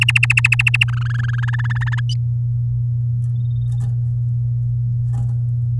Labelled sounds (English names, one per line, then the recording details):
Domestic Canary song
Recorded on 11 May 2018 at 10:37
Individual llb16